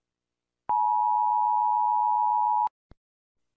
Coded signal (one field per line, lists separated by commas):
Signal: Emergency Alert System (SAME) tones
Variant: 853 and 960 Hz attention tone